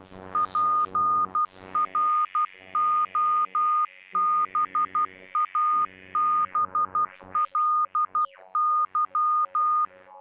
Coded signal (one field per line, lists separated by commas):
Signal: Morse code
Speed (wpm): 12 wpm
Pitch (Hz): 1220 Hz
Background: none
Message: PROBABLY